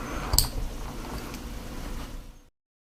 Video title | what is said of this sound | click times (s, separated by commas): Auto repair (changing coil pack connectors) | Installing the connector, you just push it on. You should hear an audible click. | 0.4 s